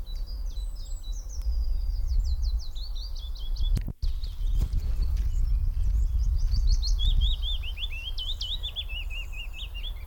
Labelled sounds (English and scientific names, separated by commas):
Willow Warbler (Phylloscopus trochilus)